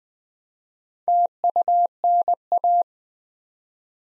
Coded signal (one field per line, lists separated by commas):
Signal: Morse code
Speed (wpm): 20 wpm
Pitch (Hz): 700 Hz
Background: none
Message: TUNA